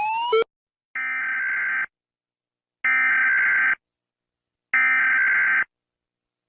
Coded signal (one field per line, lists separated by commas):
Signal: Emergency Alert System (SAME) tones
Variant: header bursts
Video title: Rating EAS Alarms A-Z Again: The Come Back! (Birthday Special)